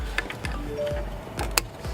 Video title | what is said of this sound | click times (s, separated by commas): BMW E90 E92 E91 E93 Secondary Air Pump Replacement (P0410 Fix) | So, you just push in until they lock. You're going to hear an audible click. | 1.6 s